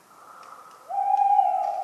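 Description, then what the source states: Tawny owl calling, a soft higher note followed by a loud, steady hoot, with faint ticks behind. A talkative owl on a cold autumn night, 11 November 1995, at the Ménigoute ornithological film festival, France, with acorns falling regularly.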